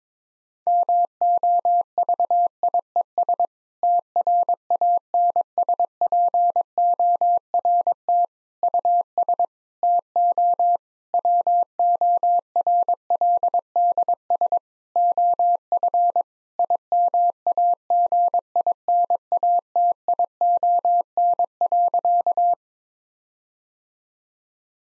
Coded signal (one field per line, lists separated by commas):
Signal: Morse code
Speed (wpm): 21 wpm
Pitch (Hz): 700 Hz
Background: none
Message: MOVIES TRANSPORT US TO WORLDS OF IMAGINATION.